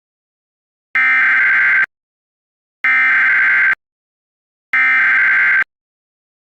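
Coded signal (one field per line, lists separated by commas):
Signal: Emergency Alert System (SAME) tones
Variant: header bursts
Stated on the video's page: Fictional EAS scenario, simulated alert.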